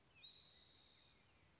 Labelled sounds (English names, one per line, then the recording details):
Spotted Towhee
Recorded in Sonoma County, California